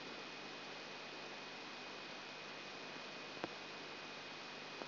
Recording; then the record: brain microelectrode recording played as sound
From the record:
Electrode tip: outside the subthalamic nucleus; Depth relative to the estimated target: -6 mm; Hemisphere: right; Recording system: AlphaMap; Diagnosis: Parkinson's disease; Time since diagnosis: 8 years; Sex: female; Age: 37 years